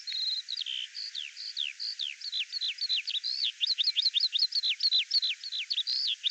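Bird song with a few level whistles and then a steady series of crisp down-slurred notes repeated rapidly.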